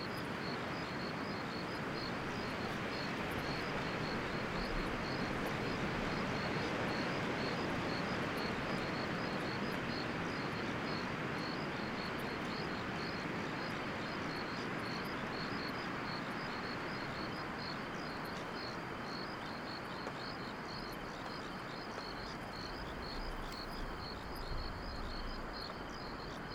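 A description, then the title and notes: A country evening of insects in long grass, with a steady, rapid high chirping pulsing throughout over a constant dense rushing hum. Long Grass and Country Evenings - 1 Hour Sleep Sounds and White Noise.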